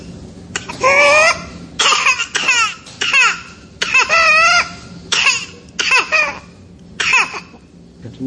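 A child gives a run of about nine loud, high-pitched, crowing breath sounds in quick succession, with only short pauses between them. This fits a dramatic whooping cough (pertussis) attack, where coughing fits end in noisy, whooping in-breaths.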